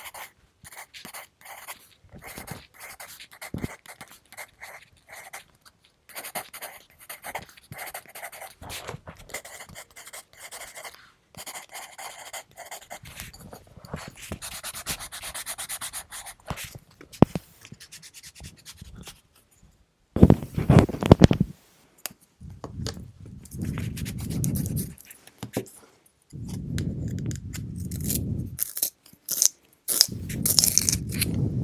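Dry pencil scratching and sharpening fill the first twenty seconds, then louder, fuller rubbing bursts of erasing and page handling follow intermittently.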